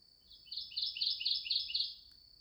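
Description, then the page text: Kentucky warbler song, a quick run of about six rolling two-part phrases. Maryland, United States. "Kentucky Warbler by Sue Muller"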